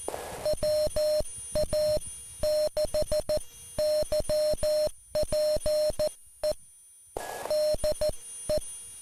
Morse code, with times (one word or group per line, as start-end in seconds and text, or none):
0.4-6.5 WA6YPE
7.5-8.6 DE